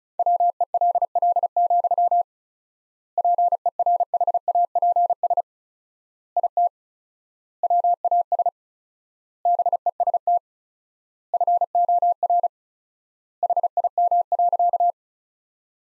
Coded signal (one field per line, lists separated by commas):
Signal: Morse code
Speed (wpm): 36 wpm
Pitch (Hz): 700 Hz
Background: none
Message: WELL, PERHAPS IT WAS BEST FOR HIM.